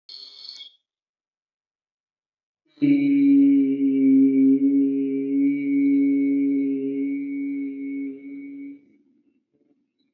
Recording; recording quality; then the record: sustained vowel as in beet; excellent, no background noise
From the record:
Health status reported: healthy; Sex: male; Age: 38 years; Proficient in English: yes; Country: India